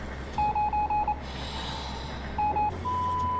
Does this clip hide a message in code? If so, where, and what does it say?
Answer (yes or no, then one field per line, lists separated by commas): yes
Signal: Morse code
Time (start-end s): 0.4-2.7 s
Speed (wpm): 27 wpm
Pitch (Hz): 840 Hz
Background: none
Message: 9 M